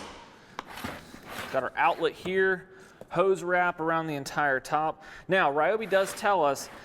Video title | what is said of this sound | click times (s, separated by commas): Ryobi 40V Shop-Vac Unboxing and Review! | Oh, it actually locks into place. That's kind of nice. | 0.6 s